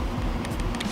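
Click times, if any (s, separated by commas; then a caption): 0.5 s, 0.8 s. The stock side marker lamp on an Infiniti G35's front fender is pried sideways until it pops out of its opening, over a steady broadband background noise. Sharp clicks come at 0.5, 0.8 and 0.8 seconds, with the loudest at 0.8 seconds as the lamp releases from the fender.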